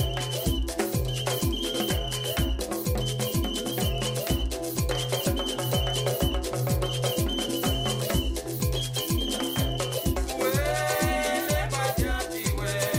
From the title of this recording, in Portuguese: ruas ruidosas de Luanda